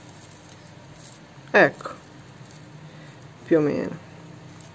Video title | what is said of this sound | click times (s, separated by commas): Sunny Madison // Rainbow High Cheer // Vestiti // Shampoo // Accessori Cheerleader e Tanto Altro ❤️ | non si incastra. | none